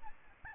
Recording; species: mosquito wingbeat signal from an infrared sensor; Aedes albopictus